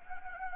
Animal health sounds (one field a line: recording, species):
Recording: mosquito wingbeat signal from an infrared sensor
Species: Anopheles gambiae